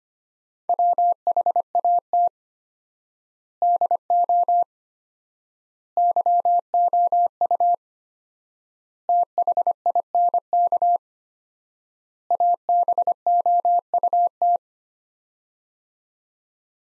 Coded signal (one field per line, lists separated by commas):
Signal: Morse code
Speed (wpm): 25 wpm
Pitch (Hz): 700 Hz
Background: none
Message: WHAT DO YOU THINK ABOUT